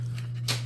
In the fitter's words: kind of see where that split is right there you just slide that in until it clicks and you're done so